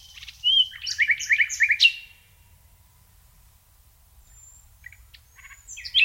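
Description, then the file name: Common nightingale song: a sharp whistle, then a rapid series of loud chirping notes, a pause of about two seconds, and quieter phrases resuming near the end. "Luscinia megarhynchos"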